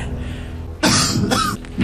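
Deliberate coughing from an adult in a TV studio audience during the £1 million question that Chris Tarrant puts to Charles Ingram on Who Wants to Be a Millionaire. The coughs serve as a signal for the right answer, not a sign of illness, and are among 192 coughs recorded that night.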